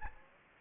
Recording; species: mosquito wingbeat signal from an infrared sensor; Anopheles gambiae